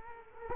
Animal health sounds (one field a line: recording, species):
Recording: mosquito wingbeat signal from an infrared sensor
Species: Culex quinquefasciatus